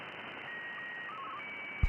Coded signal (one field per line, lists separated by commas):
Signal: SSTV (slow-scan television)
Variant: Martin 1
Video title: Scanning the airwaves with the SDR